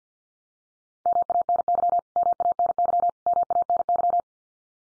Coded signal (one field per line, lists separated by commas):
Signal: Morse code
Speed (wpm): 48 wpm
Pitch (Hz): 700 Hz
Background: none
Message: MANY MANY MANY